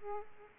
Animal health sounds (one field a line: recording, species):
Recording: mosquito wingbeat signal from an infrared sensor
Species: Aedes aegypti